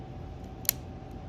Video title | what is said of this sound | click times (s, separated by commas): UGears Pendulum — Part 5 | just like that and that should kind of snap into place | 0.7 s